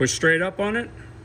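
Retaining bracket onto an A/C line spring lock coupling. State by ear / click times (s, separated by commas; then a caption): not seated / none. A plastic retaining bracket is placed under the A/C line spring lock coupling on a Ford F Series pickup truck, after excess oil was wiped off, during an A/C orifice tube replacement, and is about to be pushed straight up. Someone talks over a low background hum. Nothing has seated or clicked yet.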